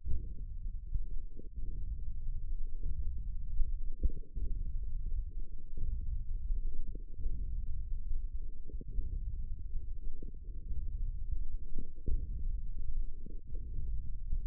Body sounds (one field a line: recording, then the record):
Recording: forearm muscle sounds (acoustic myography)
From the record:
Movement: wrist extension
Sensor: system 1, eight BSWA MPA416 microphones around the upper forearm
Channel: 6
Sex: female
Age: 22 years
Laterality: right